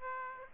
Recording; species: mosquito wingbeat signal from an infrared sensor; Aedes aegypti